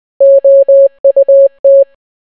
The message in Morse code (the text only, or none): OUT